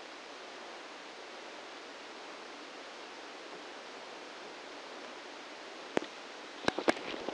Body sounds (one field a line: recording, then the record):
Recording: brain microelectrode recording played as sound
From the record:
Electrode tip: outside the subthalamic nucleus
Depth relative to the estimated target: 4 mm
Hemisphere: right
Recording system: NeuroSet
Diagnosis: Parkinson's disease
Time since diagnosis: 17 years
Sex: male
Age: 64 years